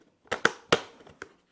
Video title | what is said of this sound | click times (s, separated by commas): SCOTLAND TRIP Q&A | Let me just put it down on my knees and then I can lock everything in place then. | 0.5 s, 0.7 s